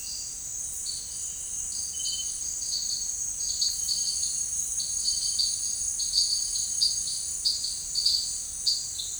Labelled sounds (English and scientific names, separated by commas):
none